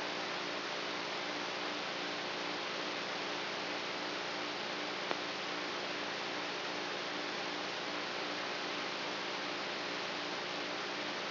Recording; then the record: brain microelectrode recording played as sound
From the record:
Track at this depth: outside the subthalamic nucleus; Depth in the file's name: 1.206 mm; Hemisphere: right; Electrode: 3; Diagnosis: Parkinson's disease